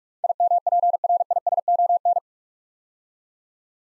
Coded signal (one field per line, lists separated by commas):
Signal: Morse code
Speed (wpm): 44 wpm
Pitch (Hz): 700 Hz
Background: none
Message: IMPRISON